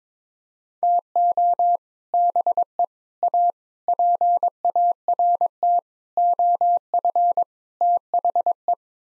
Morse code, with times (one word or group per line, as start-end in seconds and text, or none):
0.8-1.8 TO
2.1-2.8 BE
3.2-3.5 A
3.9-5.8 PART
6.2-7.4 OF
7.8-8.7 THE